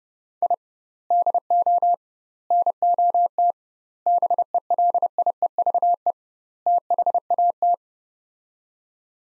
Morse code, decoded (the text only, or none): I DO NOT BELIEVE THAT